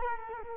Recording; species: mosquito wingbeat signal from an infrared sensor; Culex quinquefasciatus